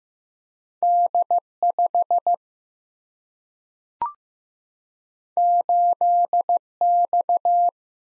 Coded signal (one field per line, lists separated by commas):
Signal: Morse code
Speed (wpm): 15 wpm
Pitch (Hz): 700 Hz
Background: none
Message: D5 8X